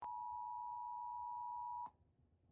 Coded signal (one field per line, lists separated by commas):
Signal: Emergency Alert System (SAME) tones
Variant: 853 and 960 Hz attention tone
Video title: EAS Remake: Verizon FiOS RMT.